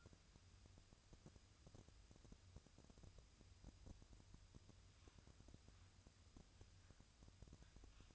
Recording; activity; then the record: daily activity, microphone in the room; wipe stove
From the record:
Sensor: 2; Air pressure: 1004.7 hPa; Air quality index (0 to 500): 73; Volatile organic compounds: 1 ppm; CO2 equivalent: 865 ppm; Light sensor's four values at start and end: 7/16/6/7 and 7/16/6/7